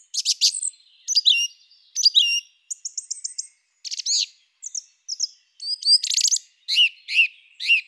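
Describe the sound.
Song thrush singing a string of varied phrases, some rapid trilled notes, some fluty whistles, several phrases repeated before switching to the next.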